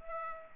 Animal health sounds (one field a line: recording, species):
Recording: mosquito wingbeat signal from an infrared sensor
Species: Culex pipiens